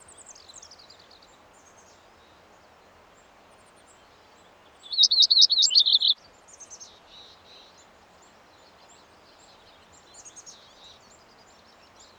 Audubon's Warbler song recorded on the Black Canyon Trail in Rocky Mountain National Park.